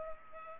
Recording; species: mosquito wingbeat signal from an infrared sensor; Culex pipiens